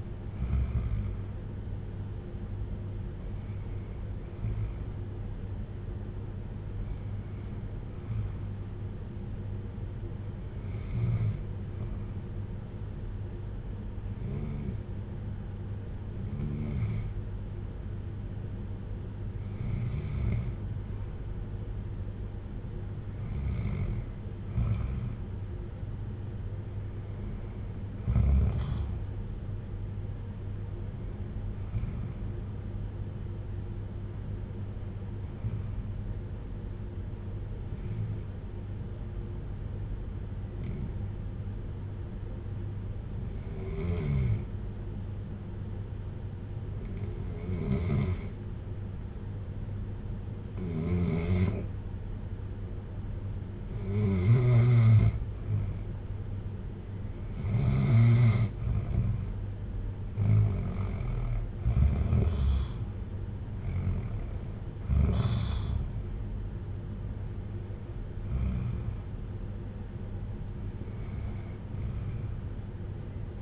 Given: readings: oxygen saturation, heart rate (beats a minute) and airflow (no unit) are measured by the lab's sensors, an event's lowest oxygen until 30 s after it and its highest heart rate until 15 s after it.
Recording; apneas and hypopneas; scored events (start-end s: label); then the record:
breathing in sleep by a smartphone at the bedside; 2
8.00-23.80 s: hypopnea (REM, oxygen 94% highest, then 91% lowest, heart rate 56 at the start, 62 highest)
40.00-55.10 s: hypopnea (REM, oxygen 93% highest, then 87% lowest, heart rate 57 at the start, 65 highest)
From the record:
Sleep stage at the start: REM sleep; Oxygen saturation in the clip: 87 to 94%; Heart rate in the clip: 55 to 65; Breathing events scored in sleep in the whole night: 310 in 8.1 hours asleep